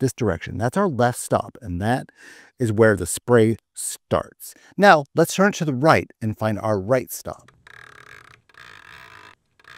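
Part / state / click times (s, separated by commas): rotor sprinkler turret reaching its internal arc stop / seated / 7.7 s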